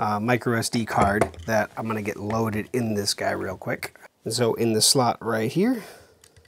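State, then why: Not seated. Someone talks while holding a 128 GB microSD card up to the card slot of a Viziuut 2K solar security camera, getting ready to push it in. A few faint handling ticks come near the end, around 6.2 to 6.5 seconds. Nothing has seated or clicked yet.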